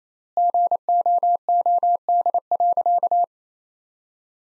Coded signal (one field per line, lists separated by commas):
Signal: Morse code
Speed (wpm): 28 wpm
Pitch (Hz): 700 Hz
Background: none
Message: GOOD.